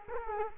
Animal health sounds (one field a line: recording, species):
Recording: mosquito wingbeat signal from an infrared sensor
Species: Culex quinquefasciatus